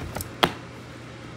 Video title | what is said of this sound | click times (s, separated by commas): How To Setup Patiowell Deck Box #patiowell #howto | they've all clicked into place | 0.4 s